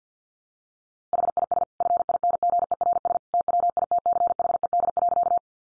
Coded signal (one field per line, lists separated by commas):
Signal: Morse code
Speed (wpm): 50 wpm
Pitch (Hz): 700 Hz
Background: none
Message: HIS FINGERS TWITCHED.